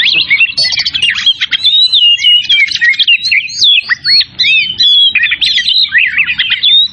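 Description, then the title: Oriental magpie-robin in loud, nonstop song, a rich tumbling mix of sweet whistles, sharp upslurs and buzzy chatters, very rapid and varied throughout. Bird singing vigorously (gacor); Tretes. "Kacer Tretes"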